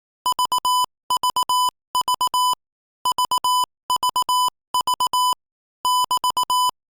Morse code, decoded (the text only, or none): VVV VVV <BT>